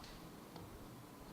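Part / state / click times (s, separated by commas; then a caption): smartphone onto magnetic charging dock / not seated / none. A Sony Xperia Z2 smartphone is handled over its magnetic charging dock with pin connectors, making faint, low handling noise and one brief soft tap around 0.6 s. Nothing has seated or clicked onto the dock yet.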